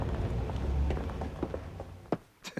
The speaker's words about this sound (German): Die rennen los, als wenn es einen Goldklumpen zu finden gäbe. Und die Kinder natürlich immer vorneweg.